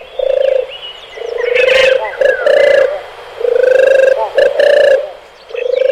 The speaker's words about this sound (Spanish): Ave cantor, la calandria común, Melacoripa calandra, propia de cultivos cerealistas con barbechos.